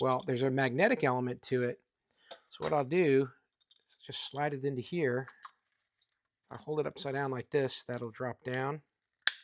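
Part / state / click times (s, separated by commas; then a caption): metal locking piece of handle bracket into pool brush head / seated / 9.3 s. Someone talks while sliding the small metal piece on the plastic handle bracket into a wide-style ProTuff pool brush head, holding it upside down so it drops down, and swinging it over. At 9.3 s a magnet pulls it into place with a sharp snap, and the handle piece is magnetically locked and seated.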